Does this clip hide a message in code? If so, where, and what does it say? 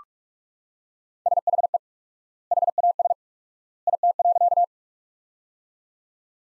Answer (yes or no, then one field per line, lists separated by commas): yes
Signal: Morse code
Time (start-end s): 1.3-4.6 s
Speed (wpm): 42 wpm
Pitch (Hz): 700 Hz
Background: none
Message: SHE HAS IT.